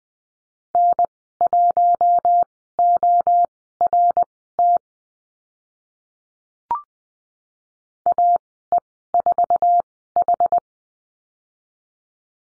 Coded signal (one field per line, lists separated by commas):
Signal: Morse code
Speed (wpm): 20 wpm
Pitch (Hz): 700 Hz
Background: none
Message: N1ORT AE4H